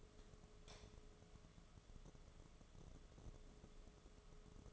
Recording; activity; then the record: daily activity, microphone in the room; light on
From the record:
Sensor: 4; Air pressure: 1011.1 hPa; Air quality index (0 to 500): 148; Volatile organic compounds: 3 ppm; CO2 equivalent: 1513 ppm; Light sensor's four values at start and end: 124/324/137/142 and 124/327/138/143